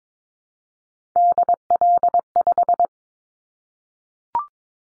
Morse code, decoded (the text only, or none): DL5